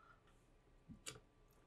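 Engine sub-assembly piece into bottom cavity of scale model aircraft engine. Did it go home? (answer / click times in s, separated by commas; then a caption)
yes / 1.1 s. A plastic/metal engine sub-assembly piece for a 1:18 scale model Spitfire is angled and slid into the bottom cavity of the engine block. A soft low bump near 0.9 s comes just before a sharp, bright click at 1.1 s, and the click sits over a quiet background. The part seats into place at 1.1 s.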